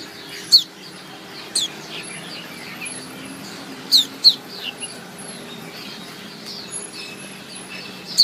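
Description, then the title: White-eye chirping: thin, high downward notes at irregular intervals, including a quick pair. Female white-eye; its chirping is played as therapy to get silent white-eyes to sing. "Suara Kicau Pleci Betina Terapi Pleci Mbisu"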